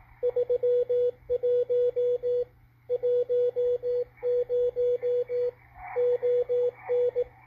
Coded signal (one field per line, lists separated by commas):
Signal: Morse code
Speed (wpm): 18 wpm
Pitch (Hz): 490 Hz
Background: radio noise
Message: 31 10 ON